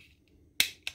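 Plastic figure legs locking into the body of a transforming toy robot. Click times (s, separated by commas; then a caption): 0.6 s. The plastic legs of a Generations Selects Takara/Tomy Super Megatron transforming toy robot are unpegged from the side, swung up on a double hinge and snapped into the body during the change to robot mode. A loud, sharp plastic snap at 0.6 s seats the legs, followed by a smaller click at about 0.9 s and faint handling taps. The legs lock into place.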